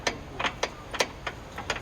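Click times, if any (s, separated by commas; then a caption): none. Someone lifts the locking handle on a tow bar arm, producing a series of six small, sharp metallic ticks. The handle fails to go over, so the tow bar lock has not engaged and nothing has seated or clicked into place yet.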